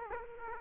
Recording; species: mosquito wingbeat signal from an infrared sensor; Aedes aegypti